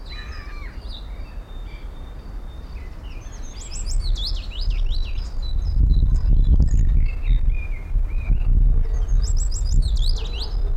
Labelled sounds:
European Starling

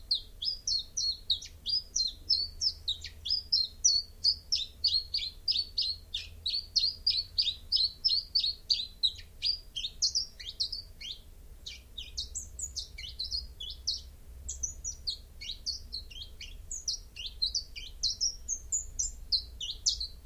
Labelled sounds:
Common Chiffchaff song

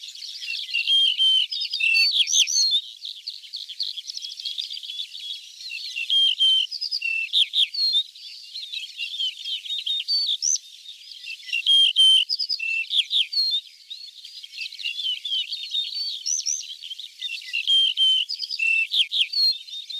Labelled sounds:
Yellow-breasted Bunting song

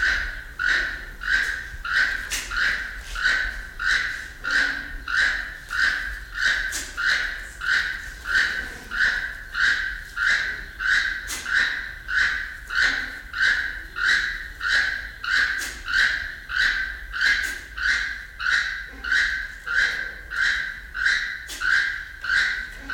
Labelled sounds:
Keel-billed Toucan call

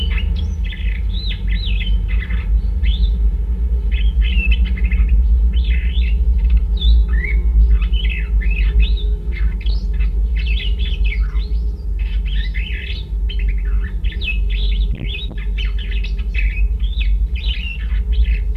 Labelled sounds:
Superb Starling song

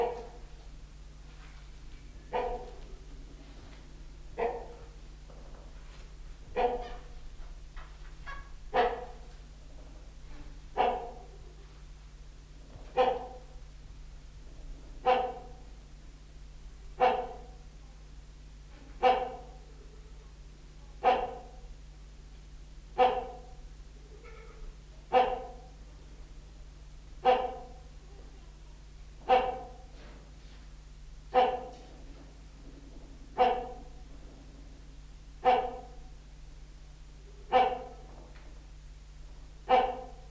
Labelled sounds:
Trumpeter Hornbill

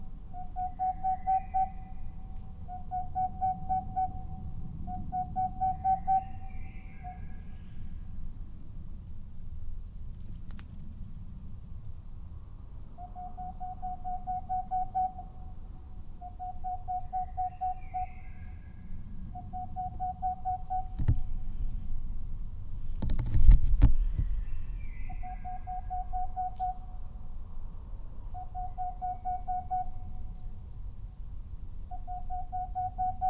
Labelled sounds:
Boreal Owl

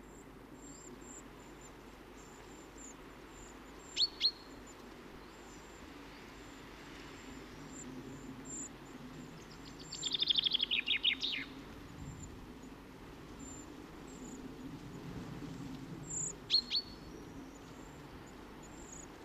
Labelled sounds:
Common Chaffinch

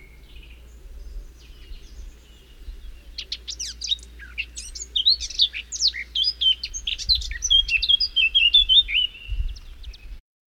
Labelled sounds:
Eurasian Blackcap song

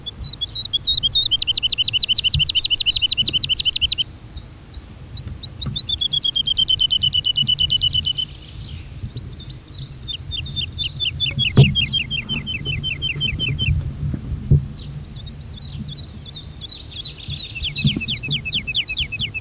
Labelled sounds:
Wood Lark song

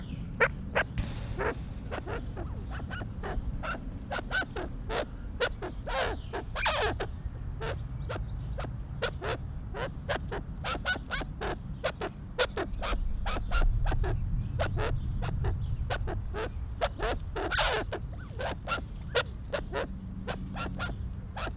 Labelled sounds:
Arabian Partridge call

